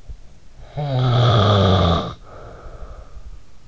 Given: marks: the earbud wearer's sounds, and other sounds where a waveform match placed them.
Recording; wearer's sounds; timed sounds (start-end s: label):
sounds in sleep by an in-ear microphone; snoring breath
0.44-3.44 s: snoring breath